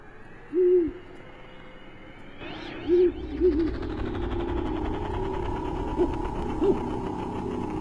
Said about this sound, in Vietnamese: Loáng thoáng đâu đây tiếng cú mèo kêu đêm. Ấy tạnh mưa, nó bắt đầu đi kiếm ăn, hay là nó mang đến cho người ta những điểm gở.